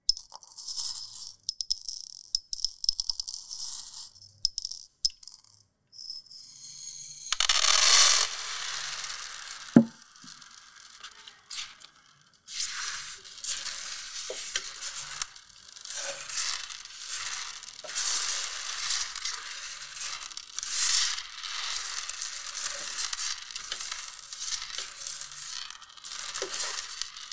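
Beads are handled and rolled, making a bright, dry swishing and clicking. The first seconds are sparse, with separate ticks and pauses; around eight seconds a louder rush comes, a sharp knock near ten, then from about thirteen seconds a steady, dense rattling continues.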